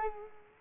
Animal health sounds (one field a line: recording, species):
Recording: mosquito wingbeat signal from an infrared sensor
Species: Culex quinquefasciatus